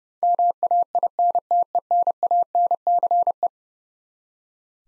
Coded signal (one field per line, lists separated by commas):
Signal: Morse code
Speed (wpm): 30 wpm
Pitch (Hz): 700 Hz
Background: none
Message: MAINTENANCE